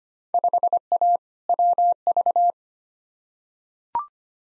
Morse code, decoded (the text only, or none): 5A WV